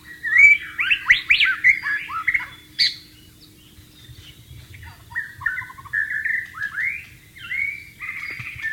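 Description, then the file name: White-rumped shama song, a rich sequence of loud sweeping whistles and quick slurred notes, then softer varied phrases after a brief pause. Wild bird recorded in its natural habitat. "suara burung murai batu di alam liar"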